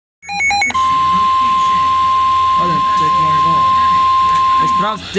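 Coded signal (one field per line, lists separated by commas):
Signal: Emergency Alert System (SAME) tones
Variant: 1050 Hz attention tone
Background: speech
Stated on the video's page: Severe weather alert heard on a NOAA Weather Radio station and an FM station at 104.1.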